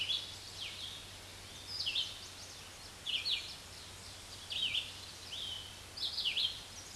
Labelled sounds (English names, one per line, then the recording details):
Red-eyed Vireo song
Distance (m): 20 m
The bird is about 20 m above the microphone
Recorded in a Pennsylvania forest on 16 May 2024 at 06:42
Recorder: AudioMoth, point MSD-2258
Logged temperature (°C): 15.2 °C
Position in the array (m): 165 m, 73 m